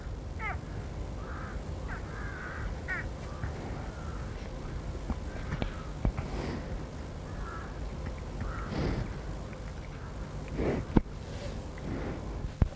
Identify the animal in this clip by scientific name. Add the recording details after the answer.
Cervus canadensis. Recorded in captivity. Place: Tierpark Berlin, Berlin, DE. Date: 1963-02-16 17:30. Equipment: Minifon, Kopie Smaragd. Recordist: Tembrock, Günter